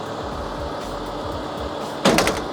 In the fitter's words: ये अब लॉक हो गया